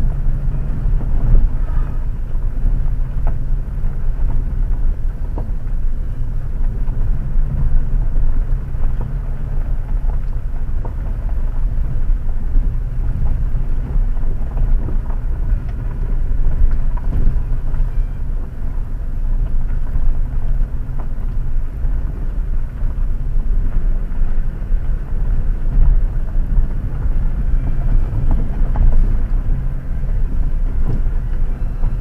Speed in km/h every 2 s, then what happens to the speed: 16, 16, 16, 16, 18, 16, 16, 14, 15, 15, 17, 16, 16, 15, 16, 13.
0-32 steady at about 16.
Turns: none.